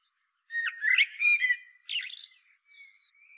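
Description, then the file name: Common blackbird singing two short phrases, a mellow warbled opening sliding into a thin, high twittering end, with quiet background. "Turdus merula"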